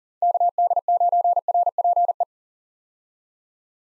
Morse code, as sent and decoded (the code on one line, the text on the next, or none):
-.- -.. ----. .-. .--. .
KD9RPE